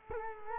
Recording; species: mosquito wingbeat signal from an infrared sensor; Culex quinquefasciatus